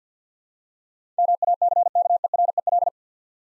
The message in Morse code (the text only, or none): MACKEREL